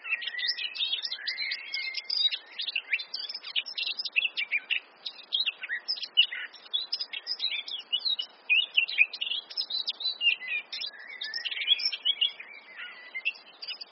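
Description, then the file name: Eurasian blackcap singing a long, busy warble of mixed clear whistles and chattering notes, running almost without a break. "Sylvia atricapilla"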